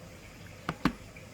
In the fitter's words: absolutely no problems and it actually clicks back into place listen